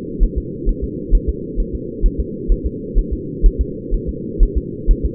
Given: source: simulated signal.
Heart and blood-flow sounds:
fetal heart sounds
0.23 s: S1
0.38 s: S2
0.69 s: S1
0.84 s: S2
1.15 s: S1
1.29 s: S2
1.60 s: S1
1.75 s: S2
2.06 s: S1
2.20 s: S2
2.52 s: S1
2.66 s: S2
2.99 s: S1
3.13 s: S2
3.46 s: S1
3.61 s: S2
3.94 s: S1
4.09 s: S2
4.43 s: S1
4.57 s: S2
4.91 s: S1
5.05 s: S2
From the record:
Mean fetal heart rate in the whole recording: 130 bpm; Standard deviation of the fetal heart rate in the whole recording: 4 bpm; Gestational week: 38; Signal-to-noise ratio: -4.1 dB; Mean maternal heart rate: no maternal heart sound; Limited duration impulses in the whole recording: absent

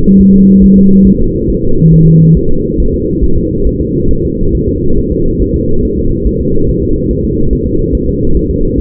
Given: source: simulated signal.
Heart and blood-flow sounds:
fetal heart sounds
0.21 s: S1
0.35 s: S2
0.64 s: S1
0.78 s: S2
1.07 s: S1
1.21 s: S2
1.50 s: S1
1.64 s: S2
1.94 s: S1
2.07 s: S2
2.37 s: S1
2.51 s: S2
2.80 s: S1
2.94 s: S2
3.24 s: S1
3.38 s: S2
3.67 s: S1
3.81 s: S2
4.11 s: S1
4.25 s: S2
4.55 s: S1
4.69 s: S2
4.98 s: S1
5.12 s: S2
5.42 s: S1
5.56 s: S2
5.85 s: S1
5.99 s: S2
6.27 s: S1
6.41 s: S2
6.69 s: S1
6.83 s: S2
7.11 s: S1
7.25 s: S2
7.53 s: S1
7.67 s: S2
7.95 s: S1
8.09 s: S2
8.37 s: S1
8.51 s: S2
8.80 s: S1
From the record:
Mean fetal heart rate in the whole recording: 140 bpm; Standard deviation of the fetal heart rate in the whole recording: 2 bpm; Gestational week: 34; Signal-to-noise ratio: -17.7 dB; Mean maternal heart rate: 72 bpm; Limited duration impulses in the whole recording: present

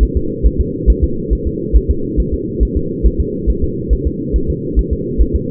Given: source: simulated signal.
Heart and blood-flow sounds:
fetal heart sounds
0.03 s: S1
0.17 s: S2
0.46 s: S1
0.60 s: S2
0.90 s: S1
1.04 s: S2
1.33 s: S1
1.47 s: S2
1.77 s: S1
1.91 s: S2
2.20 s: S1
2.34 s: S2
2.63 s: S1
2.77 s: S2
3.06 s: S1
3.20 s: S2
3.50 s: S1
3.64 s: S2
3.93 s: S1
4.07 s: S2
4.36 s: S1
4.50 s: S2
4.79 s: S1
4.93 s: S2
5.21 s: S1
5.35 s: S2
From the record:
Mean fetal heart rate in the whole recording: 140 bpm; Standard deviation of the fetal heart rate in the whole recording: 2 bpm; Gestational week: 34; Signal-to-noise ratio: -6.6 dB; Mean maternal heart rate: 72 bpm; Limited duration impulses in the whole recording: present

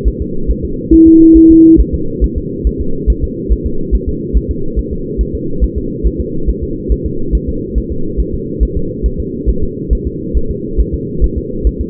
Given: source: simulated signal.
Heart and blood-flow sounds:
fetal heart sounds
0.08 s: S1
0.22 s: S2
0.51 s: S1
0.65 s: S2
0.94 s: S1
1.08 s: S2
1.37 s: S1
1.51 s: S2
1.80 s: S1
1.94 s: S2
2.24 s: S1
2.38 s: S2
2.67 s: S1
2.81 s: S2
3.10 s: S1
3.24 s: S2
3.52 s: S1
3.66 s: S2
3.95 s: S1
4.09 s: S2
4.37 s: S1
4.51 s: S2
4.79 s: S1
4.93 s: S2
5.21 s: S1
5.35 s: S2
5.64 s: S1
5.78 s: S2
6.07 s: S1
6.21 s: S2
6.49 s: S1
6.63 s: S2
6.92 s: S1
7.06 s: S2
7.35 s: S1
7.49 s: S2
7.78 s: S1
7.92 s: S2
8.20 s: S1
8.34 s: S2
8.63 s: S1
8.77 s: S2
9.06 s: S1
9.20 s: S2
9.50 s: S1
9.63 s: S2
9.93 s: S1
10.07 s: S2
10.37 s: S1
10.51 s: S2
10.80 s: S1
10.94 s: S2
11.24 s: S1
11.38 s: S2
11.67 s: S1
11.81 s: S2
From the record:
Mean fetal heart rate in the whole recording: 140 bpm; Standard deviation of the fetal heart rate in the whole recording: 2 bpm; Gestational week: 34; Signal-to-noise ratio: -8.1 dB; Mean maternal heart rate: 72 bpm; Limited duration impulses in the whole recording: present

